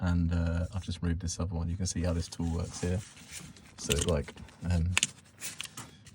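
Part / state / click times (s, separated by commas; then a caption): hose clamp pliers ratchet lock on a heater hose spring clamp / seated / 5.6 s. Hose clamp pliers are squeezed on a spring clamp on a van heater hose while someone talks, and the pliers' ratchet locks to hold the clamp open. A sharp click at 5.6 s marks the lock, followed by two quieter ticks.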